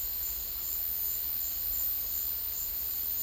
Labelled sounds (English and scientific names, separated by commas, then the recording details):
none
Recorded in secondary vegetation near Puerto Asís, Putumayo, Colombia, on 19 February 2024 at 12:00
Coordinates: 0.481, -76.323
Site G6376